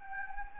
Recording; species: mosquito wingbeat signal from an infrared sensor; Anopheles gambiae